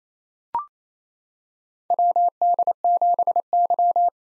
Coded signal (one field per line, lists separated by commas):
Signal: Morse code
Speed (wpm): 28 wpm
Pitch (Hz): 700 Hz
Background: none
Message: WD7Y